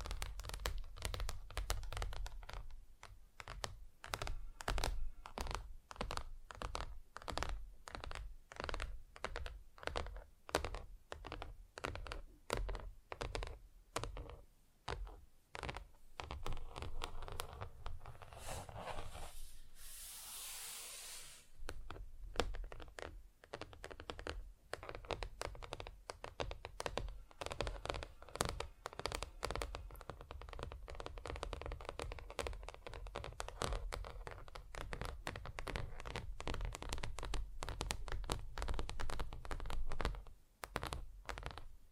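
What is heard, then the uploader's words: Tapping on different surfaces, a rapid run of short clicks and knocks that stays fairly dense and irregular throughout. Around 19 to 21 seconds the tapping gives way to a brief hissing scrape, then the quick tapping resumes with a low rumble underneath. ASMR Just Tapping (Different Surfaces No Talking).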